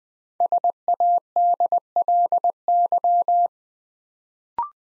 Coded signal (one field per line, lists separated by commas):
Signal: Morse code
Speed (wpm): 20 wpm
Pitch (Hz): 700 Hz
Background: none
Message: SADLY